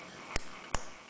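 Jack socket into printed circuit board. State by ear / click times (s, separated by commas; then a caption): seated / 0.4 s, 0.8 s. A jack socket is pushed by hand into its holes on a school project printed circuit board before soldering. It gives two short, sharp clicks at 0.4 and 0.8 s over a faint background hiss. The socket seats with quite a stiff click.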